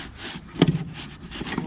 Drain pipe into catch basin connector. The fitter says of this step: to make sure you hear that click that click means that it's in there perfect